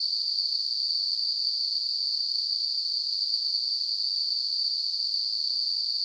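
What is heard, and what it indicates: A steady, unbroken high-pitched hissing tone holds at constant loudness for about six seconds, with nothing in the low range. It is a simulated tinnitus sound, imitating the continuous ringing or hissing a person with tinnitus hears.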